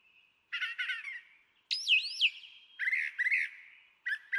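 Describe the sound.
Brown Thrasher song: a buzzy phrase sung twice, then a looping whistled slur, then a harsh doubled phrase.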